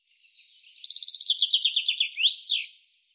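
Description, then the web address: Bird produces a brisk high trill that grows louder, notes slurring downward near the end, capped by a rising then falling double note; no other sounds. "cianscape birddata Deverinetal 2025 Bird Fr Co"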